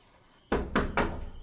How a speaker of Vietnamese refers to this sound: Cửa sân của đạo quán có tiếng gõ cửa vang lên. Thanh âm có vẻ già nua nhưng hùng hậu. Tuy cửa chân chỉ khép hờ, nhưng người bên ngoài gõ rõ ràng không có ý định tự đẩy cửa đi vào.